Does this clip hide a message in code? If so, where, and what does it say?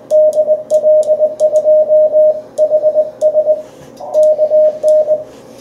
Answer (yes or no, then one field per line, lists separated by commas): yes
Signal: Morse code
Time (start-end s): 0.1-5.2 s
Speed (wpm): 20 wpm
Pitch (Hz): 620 Hz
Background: radio noise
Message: DL2HS KN